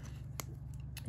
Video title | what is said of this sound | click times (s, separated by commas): IKEA Godmorgon build & install | click together okay or couple | 0.4 s